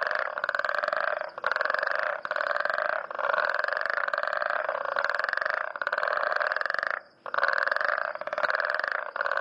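Frog giving repeated raspy pulsed croaks in trains with brief gaps, steady and loud throughout.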